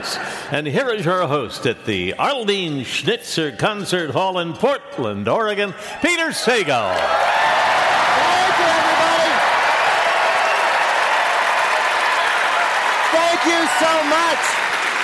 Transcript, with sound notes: And here is your host at the Arlene Schnitzer Concert Hall in Portland, Ore., Peter Sagal.
(APPLAUSE)
Thank you everybody. Thank you so much.